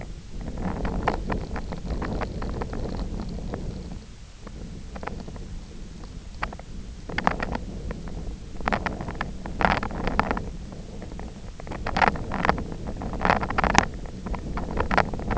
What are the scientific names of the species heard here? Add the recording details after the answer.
none. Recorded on Arctic tundra, site IGLO-F, on 24 June 2018. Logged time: 20:00